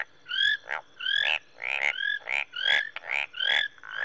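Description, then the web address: Marsh and tree frogs calling, whistled two-toned notes and buzzy rasping croaks in several bursts. Mixed chorus of marsh frogs and tree frogs, recorded in Rwanda, Africa. "BBC Sound Effects Library BBC 30-Africa - Natural World 08 Rwanda, Marsh And Tree Frogs"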